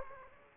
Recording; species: mosquito wingbeat signal from an infrared sensor; Aedes aegypti